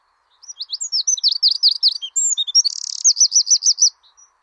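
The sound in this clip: Wren singing a rapid, shrill phrase of high swooping notes that runs into a dry buzz and a quick, even trill of repeated notes, lasting about three and a half seconds.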